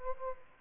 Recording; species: mosquito wingbeat signal from an infrared sensor; Culex quinquefasciatus